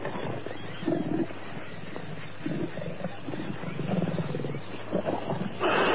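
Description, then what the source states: Tiger growls and snarls in rough overlapping bursts, low and gravelly, closing with a louder harsh outburst. Fighting call.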